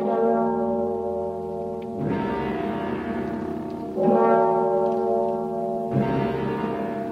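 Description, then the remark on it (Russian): Church bells toll in steady strikes about every two seconds, each a loud, rich clang that rings on over a thick, slightly rough bed of hoarse sustained music, the continuation of the opera The Maid of Pskov (Pskovityanka) played over a loudspeaker. “И тотчас грянули колокола, и заиграла хриплая музыка.”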